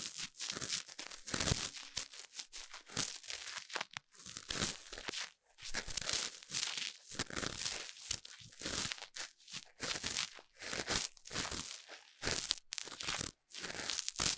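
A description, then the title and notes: Bright crinkling and rustling scrapes of ear cleaning come in dense bursts with brief silent gaps, the rough friction rising and falling throughout. 台灣ASMR | 雙胞胎幫你掏耳朵 | Twins Ear Cleaning| NO Talking.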